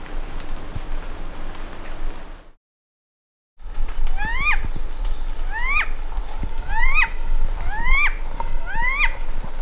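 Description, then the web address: Vasa parrot giving a run of rising, harmonic whistled calls, each ending in a sharp upturn, repeated about once a second after a short silent break, with low background hum. "parrots coracopsis"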